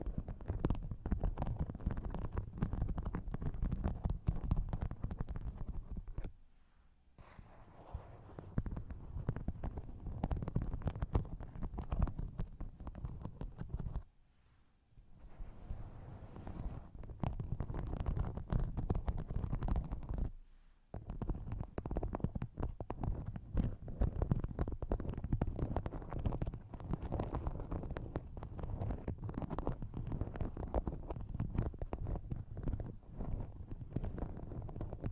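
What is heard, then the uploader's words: Dense tapping and scratching right against the microphone, a quick irregular patter of small knocks with a thick, low body and some brighter clicks. The sound stops briefly three times, near 7, 14 and 20 seconds, as objects change, then resumes just as busy. ASMR Tapping 6 Random Tingly Objects On The Mic,(No Talking).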